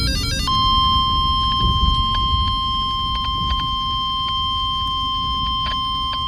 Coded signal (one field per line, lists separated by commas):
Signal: Emergency Alert System (SAME) tones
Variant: 1050 Hz attention tone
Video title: August 2023 EAS Alerts (#1,866 - 1,889)